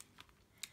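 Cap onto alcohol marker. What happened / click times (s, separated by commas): The marker cap snapped shut / 0.6 s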